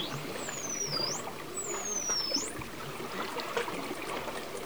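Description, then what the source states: Dolphin whistles, two long descending glides that each hook sharply upward at the end, over a crackling, bubbly background. Dolphins recorded underwater, communicating.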